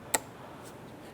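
A red plastic locking tab on the throttle body electrical connector of a 2005-2007 Ford Five Hundred is pushed in after the connector is seated. It gives one sharp, bright tick at 0.1 s, followed by quiet. The lock tab clicks home and the connector is secured.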